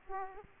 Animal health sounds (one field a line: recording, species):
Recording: mosquito wingbeat signal from an infrared sensor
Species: Aedes aegypti